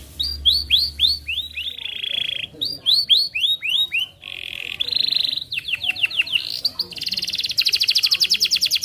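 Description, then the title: Atlantic canary song with rapid descending slurred notes, a buzzy held tone, then quick rattling trills climbing higher toward the end, a low hum briefly at the start. Canary from the Indonesian songbird hobby, described as 'gacor' (singing vigorously) with top 'cengkok' phrasing and very rich 'isian' fill-in phrases. "Kenari Gacor Cengkok Terbaik Isian Paling Mewah Kenarigacor Kicaumania Kenari"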